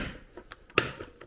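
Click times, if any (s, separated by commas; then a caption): 0.8 s. A vacuum sealer's latched plastic lid is unlatched and opened from its base after the vacuum and seal cycle. A sharp, loud release snap comes at 0.8 s, with fainter ticks before and after it. The lid comes free and opens.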